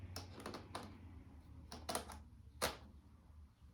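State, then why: Not seated. An older Canon EF lens is handled against a lens mount adapter, with its red dot lined up to the adapter's red dot so it can be turned until it clicks in place. A few short, light plastic taps and handling noises stand out over a low background hum. Nothing has seated or clicked yet; the lens is not yet home on the adapter.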